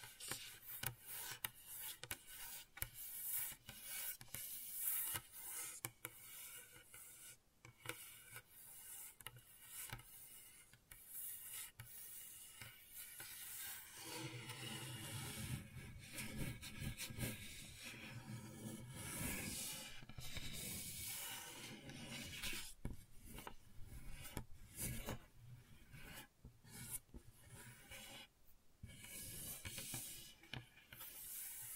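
Gentle scratching and rubbing runs without a break, a dry rasping texture made of rapid, irregular strokes. From about 14 seconds the strokes grow fuller and heavier, with a deeper scraping undertone, then ease slightly toward the end, with occasional sharper scrapes throughout.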